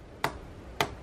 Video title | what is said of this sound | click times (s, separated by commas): How To Fix Replace Small Keyboard Key - Toshiba Ultrabook Laptop Computer | like that so that snap back in | 0.2 s, 0.8 s